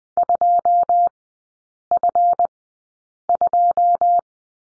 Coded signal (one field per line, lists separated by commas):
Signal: Morse code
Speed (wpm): 20 wpm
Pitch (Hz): 700 Hz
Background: none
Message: 2F2